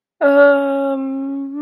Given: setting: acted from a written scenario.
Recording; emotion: vocal sound without words; shame